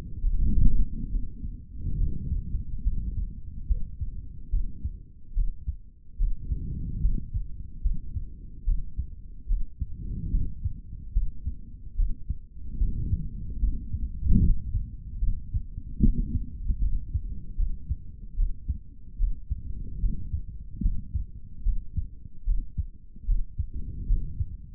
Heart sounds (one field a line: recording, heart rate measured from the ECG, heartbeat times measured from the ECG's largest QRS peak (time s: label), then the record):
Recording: heart sounds by stethoscope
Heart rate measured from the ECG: 73 bpm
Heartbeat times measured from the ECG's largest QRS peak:
0.21 s: heartbeat
1.09 s: heartbeat
1.97 s: heartbeat
2.83 s: heartbeat
3.67 s: heartbeat
4.50 s: heartbeat
5.34 s: heartbeat
6.18 s: heartbeat
7.01 s: heartbeat
7.82 s: heartbeat
8.65 s: heartbeat
9.47 s: heartbeat
10.31 s: heartbeat
11.13 s: heartbeat
11.96 s: heartbeat
12.78 s: heartbeat
13.59 s: heartbeat
14.40 s: heartbeat
15.19 s: heartbeat
15.99 s: heartbeat
16.79 s: heartbeat
17.56 s: heartbeat
18.36 s: heartbeat
19.18 s: heartbeat
20.00 s: heartbeat
20.82 s: heartbeat
21.63 s: heartbeat
22.44 s: heartbeat
23.26 s: heartbeat
24.07 s: heartbeat
From the record:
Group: healthy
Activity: rest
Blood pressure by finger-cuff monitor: 107/83 mmHg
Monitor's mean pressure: 92 mmHg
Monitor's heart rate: 73 bpm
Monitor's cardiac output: 3.2 L/min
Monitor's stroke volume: 45 mL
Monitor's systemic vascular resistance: 2100 dyn s/cm5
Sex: male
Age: 55 years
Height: 167 cm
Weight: 57.2 kg